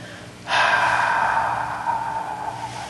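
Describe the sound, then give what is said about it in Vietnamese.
A heavy, breathy exhale during a breathing exercise starts abruptly and then trails off slowly over a couple of seconds, a steady airy rush that fades gradually with no talking. “Thì quý vị thấy nếu mà mình vừa tập mà vừa nói á, thì mình không có giữ cái hơi được, bây giờ lúc mình thở ra không có còn hơi nhiều nữa.”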